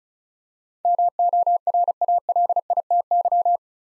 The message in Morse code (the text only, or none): MORALITY